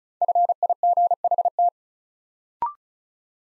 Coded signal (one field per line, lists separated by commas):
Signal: Morse code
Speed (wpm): 36 wpm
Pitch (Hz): 700 Hz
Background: none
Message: FIGHT